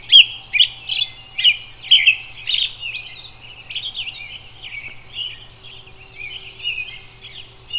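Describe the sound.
Robin giving loud rapid chirping phrases for about three seconds, then softer, more continuous warbling twitters, over a low hum.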